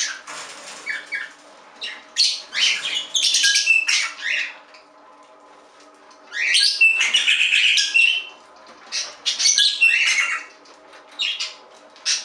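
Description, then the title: Budgerigar chattering in bursts of scratchy warbles and chirps, a quiet gap of about two seconds in the middle, then more buzzy squawks and clicks. "Budgie Sounds"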